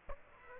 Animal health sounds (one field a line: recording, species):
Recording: mosquito wingbeat signal from an infrared sensor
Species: Aedes aegypti